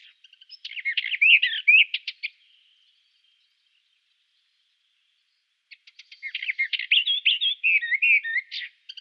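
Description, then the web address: Western Orphean Warbler song: two rich warbled phrases of mixed notes, separated by a pause of a few seconds. "Schulze Peter Western Orphean Warbler song"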